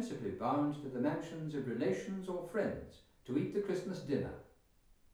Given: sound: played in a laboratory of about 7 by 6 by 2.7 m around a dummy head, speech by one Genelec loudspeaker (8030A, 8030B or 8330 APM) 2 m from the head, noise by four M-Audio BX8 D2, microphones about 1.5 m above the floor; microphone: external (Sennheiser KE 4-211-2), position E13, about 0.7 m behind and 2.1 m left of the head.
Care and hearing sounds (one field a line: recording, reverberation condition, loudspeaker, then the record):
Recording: male speech in English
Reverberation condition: medium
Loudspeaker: 120 degrees to the right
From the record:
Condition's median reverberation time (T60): about 510 ms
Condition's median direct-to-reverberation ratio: about -0.5 dB